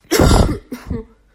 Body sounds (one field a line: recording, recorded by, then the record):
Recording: voluntary cough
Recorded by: messaging app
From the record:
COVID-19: negative